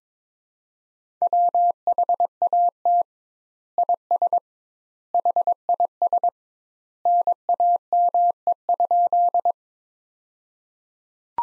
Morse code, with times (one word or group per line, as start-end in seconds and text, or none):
1.2-3.0 WHAT
3.8-4.4 IS
5.1-6.3 HIS
7.1-9.5 NAME?